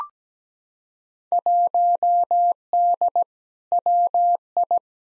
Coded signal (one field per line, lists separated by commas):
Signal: Morse code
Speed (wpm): 17 wpm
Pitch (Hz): 700 Hz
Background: none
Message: 1D WI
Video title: Field Day Exchange v2 - 17wpm